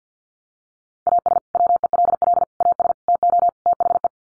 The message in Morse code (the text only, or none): AS WELL AS TO THE